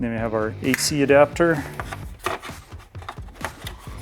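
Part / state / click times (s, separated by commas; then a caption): AC power adapter plug into car head-unit screen harness / not seated / none. Someone talks while handling an AC power adapter plug at the wiring harness of an aftermarket 16.2-inch Android 15 GM truck screen. Short, sharp handling knocks follow at about 2.3, 3.1 and 3.5 seconds. The plug has not clicked or seated yet.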